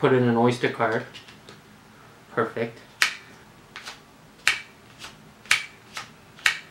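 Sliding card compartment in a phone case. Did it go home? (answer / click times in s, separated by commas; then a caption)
yes / 3.0 s, 4.5 s, 5.5 s, 6.5 s. Someone talks while repeatedly sliding the card compartment of a VRS Design plastic phone case for the Samsung S9 and S9 Plus open and shut. Sharp clicks at 3.0, 4.5, 5.5 and 6.5 seconds are the slide snapping into its detent, with quieter taps between them; it is not certain which clicks are closing and which are opening. The slide clicks into place each time.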